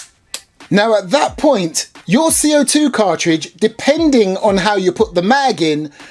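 A CO2 gas magazine is pushed into the magazine well of a Tippmann M4 V2 airsoft gas blowback rifle, giving a sharp click at 0.3 s as it seats. Someone then talks over the rest of the clip, and the CO2 cartridge is confirmed pierced.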